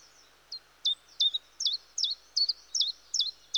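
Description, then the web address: Common chiffchaff song of clipped, high chiff-chaff notes repeated evenly, roughly two and a half per second, over light background hiss. "BBC Sound Effects Library. Chiffchaff"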